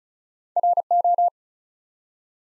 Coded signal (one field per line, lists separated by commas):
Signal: Morse code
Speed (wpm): 36 wpm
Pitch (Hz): 700 Hz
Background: none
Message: RO